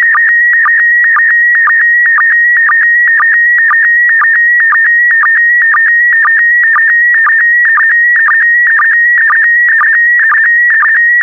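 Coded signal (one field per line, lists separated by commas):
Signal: SSTV (slow-scan television)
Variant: PD120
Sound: steady high whistle near 1.9 kHz broken by rapid regular low clicks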